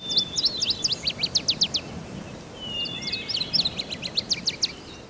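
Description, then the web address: Bird song: a quick series of high, sharply descending chirps, sung twice with a short pause between, over steady background noise. Ambience with birds. "blackhawk ambience birds"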